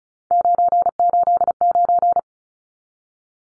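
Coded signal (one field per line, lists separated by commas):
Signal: Morse code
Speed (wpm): 34 wpm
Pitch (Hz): 700 Hz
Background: none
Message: 989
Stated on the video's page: Head-copy drill of three-digit numbers at 35 wpm, each number sent, spoken, then sent again.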